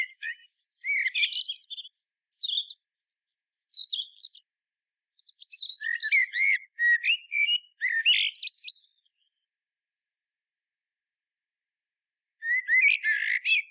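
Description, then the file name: Common blackbird song, mixing rich whistled notes with thin, squeaky, high twittering trills, then a long pause before one more burst. "Turdus merula"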